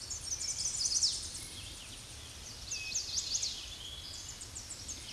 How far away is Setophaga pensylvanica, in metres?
about 55 m